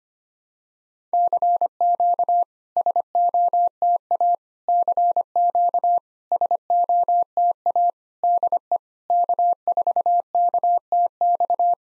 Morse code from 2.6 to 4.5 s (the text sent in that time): SOTA